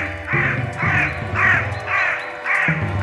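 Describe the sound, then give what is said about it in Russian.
A raven caws about five times in a steady rhythm, each call harsh and rasping, loud over a low, continuous rumble with no voices. “Он — вестник мира, благодати, а ворон — вестник на войне.”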